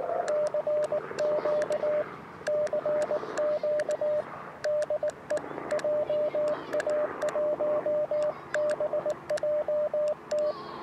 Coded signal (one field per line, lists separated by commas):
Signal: Morse code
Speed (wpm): 18 wpm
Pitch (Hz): 590 Hz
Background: radio noise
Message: CQ CQ DE JA1BJT